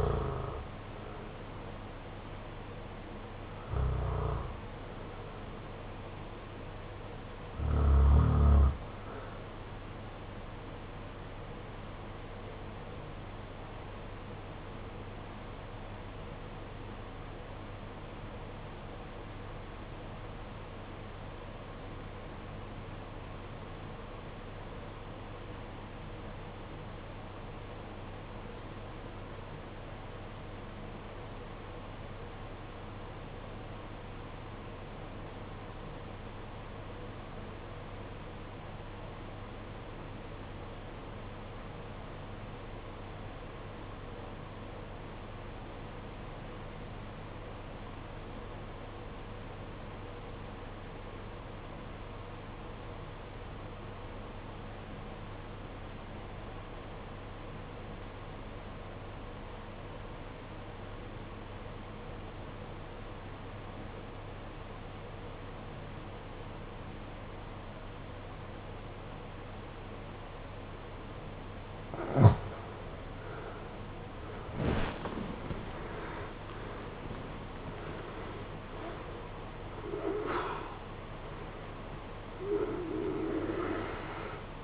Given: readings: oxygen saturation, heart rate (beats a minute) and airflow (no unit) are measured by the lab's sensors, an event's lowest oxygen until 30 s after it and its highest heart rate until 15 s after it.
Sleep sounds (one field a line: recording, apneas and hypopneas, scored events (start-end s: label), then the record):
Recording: breathing in sleep by a voice recorder at the bedside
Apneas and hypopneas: 1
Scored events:
11.00-73.20 s: obstructive apnea (REM, oxygen 95% highest, then 70% lowest, heart rate 50 at the start, 92 highest)
From the record:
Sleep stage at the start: REM sleep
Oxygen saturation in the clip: 73 to 95%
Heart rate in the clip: 47 to 92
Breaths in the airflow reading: 8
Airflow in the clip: -15.1 to 18.3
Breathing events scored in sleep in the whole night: 476 in 9.7 hours asleep